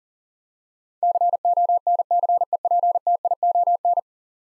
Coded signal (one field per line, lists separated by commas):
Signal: Morse code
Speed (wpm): 37 wpm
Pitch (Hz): 700 Hz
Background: none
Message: CONCEPTION